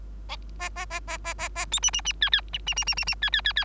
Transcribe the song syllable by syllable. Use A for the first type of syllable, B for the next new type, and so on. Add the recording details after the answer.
A A A A A A A B C C C D D C C C C C D D D D. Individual Bird3